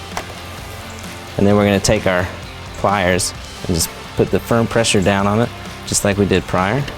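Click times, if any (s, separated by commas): none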